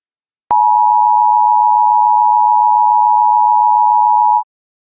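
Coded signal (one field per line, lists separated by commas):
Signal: Emergency Alert System (SAME) tones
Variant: 853 and 960 Hz attention tone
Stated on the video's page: Fictional EAS scenario depicting an attack on Apple Park.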